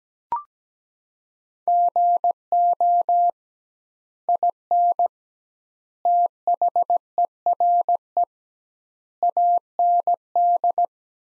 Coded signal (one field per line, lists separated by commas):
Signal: Morse code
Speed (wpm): 17 wpm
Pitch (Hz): 700 Hz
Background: none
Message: GO IN THERE AND